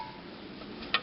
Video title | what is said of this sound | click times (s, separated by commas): M14 M1A magazine disassembly reassembly | dowel or something that lasts there we go just pushed it until it clicked there | 0.9 s